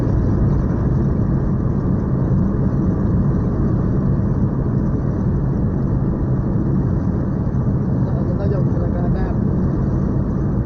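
A constant, loud roar of car traffic: a dense low rumble and hiss that holds steady throughout without distinct individual passes or breaks.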